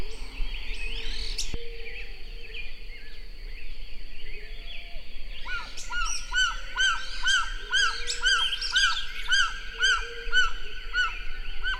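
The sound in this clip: White-winged guan call series starting midway: short, arched notes repeated about twice per second, with other bird calls around it.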